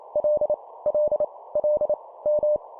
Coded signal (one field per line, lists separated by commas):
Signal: Morse code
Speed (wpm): 28 wpm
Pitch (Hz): 600 Hz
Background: none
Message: L L L M